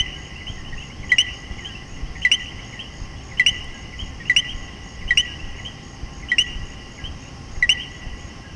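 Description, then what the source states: Common coquí calling a two-note co-qui, a short note then a higher rising one, repeated about once a second over a steady high background chorus. Puerto Rico.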